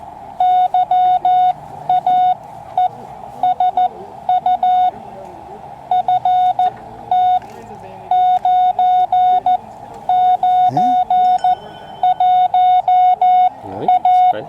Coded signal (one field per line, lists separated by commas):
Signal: Morse code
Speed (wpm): 14 wpm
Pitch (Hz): 730 Hz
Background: speech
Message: YAESU FT 991A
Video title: Hot RF Nights 2022: Sierra Foothills ARC's Annual Car (Radio) Show